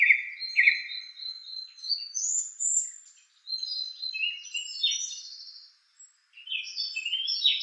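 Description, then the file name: Song thrush singing a run of varied phrases, opening with a note given twice, then rich warbles and high thin twitters with short pauses. "suara kicauan burung song thrush. omkicau"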